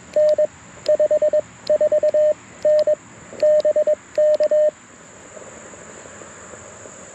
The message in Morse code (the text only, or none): N 54N BK